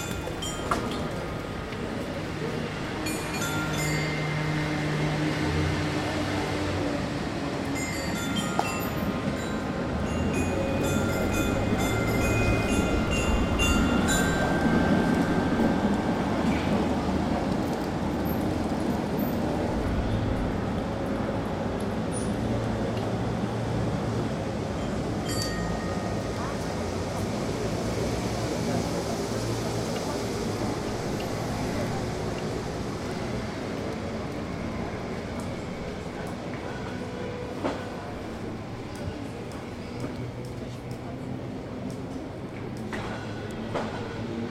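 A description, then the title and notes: Kids play on the Dance Chimes amid steady traffic rumble and chattering people, with scattered short chime tones ringing out throughout. Kids playing on the Dance Chimes in front the ice-cream parlor Florencia in Den Haag. Kinderen spelen op de Muziek Tegels voor ijssalon Florencia in Den Haag.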